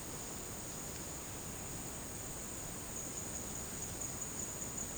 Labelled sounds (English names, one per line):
none